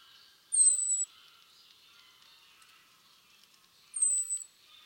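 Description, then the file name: European robin giving two very high, thin, slightly falling whistled notes a few seconds apart, over faint twittering. "Erithacus rubecula"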